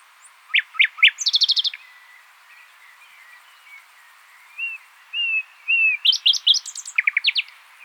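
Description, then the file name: Common nightingale song with sharp rattling trills, a stretch of quiet warbled whistles, then more rapid, emphatic chattering phrases. "Luscinia megarhynchos"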